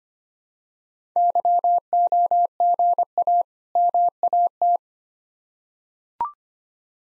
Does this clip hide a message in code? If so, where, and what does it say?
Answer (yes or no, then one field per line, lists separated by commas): yes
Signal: Morse code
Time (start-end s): 1.2-4.8 s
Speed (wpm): 25 wpm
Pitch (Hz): 700 Hz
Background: none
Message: YOGA MAT